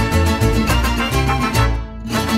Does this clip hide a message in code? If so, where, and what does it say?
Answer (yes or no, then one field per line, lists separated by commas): no